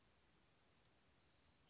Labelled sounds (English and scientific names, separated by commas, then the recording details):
Western Flycatcher (Empidonax difficilis)
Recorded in Sonoma County, California